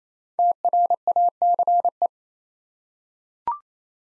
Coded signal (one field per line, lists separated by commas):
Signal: Morse code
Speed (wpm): 27 wpm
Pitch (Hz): 700 Hz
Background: none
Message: TRACE